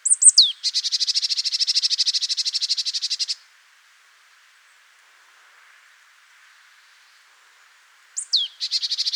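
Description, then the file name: Marsh tit call: sharp high downslurred notes followed by a long rapid series of buzzy, nasal chattering notes, then silence before the same pattern begins again. "Poecile palustris"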